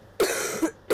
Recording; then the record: coughing mixed with background sound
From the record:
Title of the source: Single wet cough